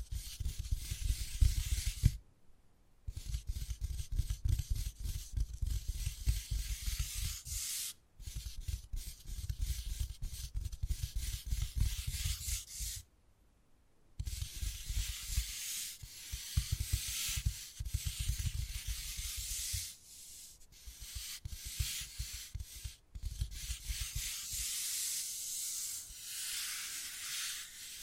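Wood carving with steady scraping and rubbing strokes, a dense run of rapid, gritty scratches that fill the low thuds and bright hiss together. The work stops in brief silent gaps near 2, 8, 13, 20 and 23 seconds, then resumes at similar intensity.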